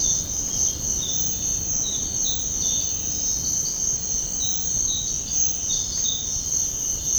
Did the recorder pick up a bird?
no